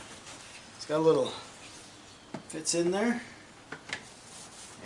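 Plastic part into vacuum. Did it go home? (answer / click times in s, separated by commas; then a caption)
yes / 3.7 s, 3.9 s. A plastic part is fitted into a vacuum and pressed until it snaps into place, with sharp clicks at 3.7 and 3.9 seconds. Someone talks briefly before the clicks, and a short knock is heard at 2.4 seconds. The part ends up seated.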